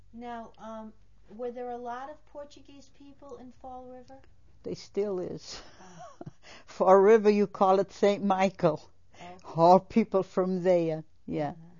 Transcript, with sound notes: Now, were there a lot of Portuguese people in Fall River?
There still is. [laughs] Fall River, you call it Saint Michael. All people from there, yeah.